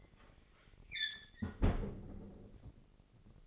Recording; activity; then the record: daily activity, microphone in the room; close fridge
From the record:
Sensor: 4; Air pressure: 996.0 hPa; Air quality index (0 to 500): 62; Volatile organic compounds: 2 ppm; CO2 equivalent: 1096 ppm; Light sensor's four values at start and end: 15/41/15/17 and 16/43/16/18